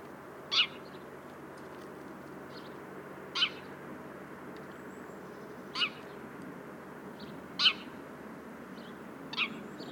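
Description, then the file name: House sparrow chirps: five short, bright single notes spaced two to three seconds apart over a soft, steady background hiss. "Passer domesticus"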